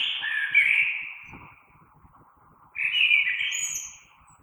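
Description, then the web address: Common blackbird song: two warbled phrases separated by a short pause, the second with high twittered notes, over a faint steady hum. Recorded 3 March 2020. "oiseaux Merle 2020 03 03"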